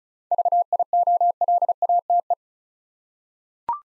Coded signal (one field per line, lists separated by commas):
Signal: Morse code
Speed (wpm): 36 wpm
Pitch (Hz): 700 Hz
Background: none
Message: VIOLATE